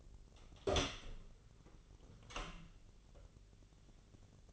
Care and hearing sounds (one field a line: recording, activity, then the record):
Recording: daily activity, microphone in the room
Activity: open door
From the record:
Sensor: 4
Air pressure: 1010.0 hPa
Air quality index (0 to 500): 189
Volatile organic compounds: 3 ppm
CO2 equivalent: 1356 ppm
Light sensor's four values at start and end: 32/79/32/34 and 30/74/30/32